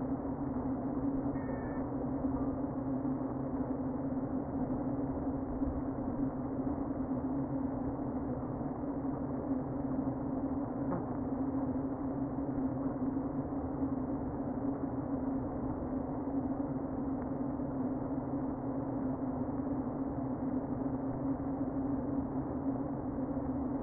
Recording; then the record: honeybee colony, microphone inside the hive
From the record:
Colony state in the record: queen present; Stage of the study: before two queens were removed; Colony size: about 60,000 bees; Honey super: yes